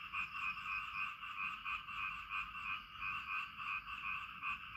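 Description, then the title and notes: Frogs calling in a dense chorus, rapid rhythmic croaking pulses stacked in two bright pitch bands, about three per second, over a steady low hiss of rain. "Frog Time. Frog and Rain"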